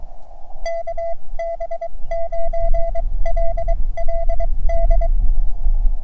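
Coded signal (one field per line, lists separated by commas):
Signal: Morse code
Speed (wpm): 20 wpm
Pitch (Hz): 670 Hz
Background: none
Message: KB9LLD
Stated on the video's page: CW during a park activation at Cheyenne Mountain State Park by an operator learning Morse.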